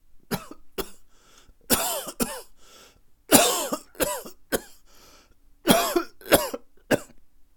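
About ten sharp, harsh cough bursts from an adult man, coming in uneven runs of two or three with brief pauses between. Some bursts have a throaty, clearing quality. The room is otherwise quiet.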